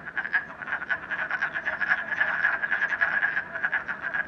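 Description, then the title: Frogs croaking together in a dense, rattling chorus, tightly packed pulses with hardly any pause. Frogs in a puddle at night in Canada, recorded during COVID-19. "Frogs, Night, Train, Canada"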